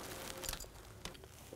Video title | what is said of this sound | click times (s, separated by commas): How to Replace Spark Plug Wires 2007-14 GMC Sierra 3500HD | make sure it clicks down and that feels good | 1.1 s